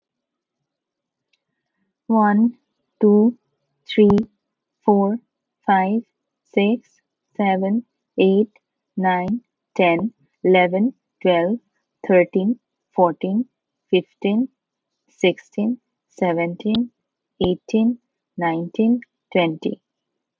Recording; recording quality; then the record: counting at a normal pace; excellent, no background noise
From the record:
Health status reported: healthy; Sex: female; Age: 32 years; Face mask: not worn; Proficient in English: yes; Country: United States